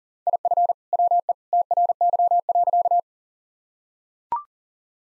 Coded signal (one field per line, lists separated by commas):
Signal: Morse code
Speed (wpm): 40 wpm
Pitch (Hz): 700 Hz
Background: none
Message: IF WE TRY.